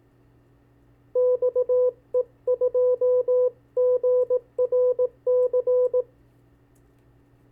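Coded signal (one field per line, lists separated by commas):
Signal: Morse code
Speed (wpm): 18 wpm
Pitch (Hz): 500 Hz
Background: none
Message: XE2GRC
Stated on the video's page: Callsign copy practice, 40 calls sent at 15 and 18 wpm.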